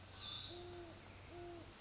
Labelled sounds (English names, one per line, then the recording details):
Great Horned Owl
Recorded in Sonoma County, California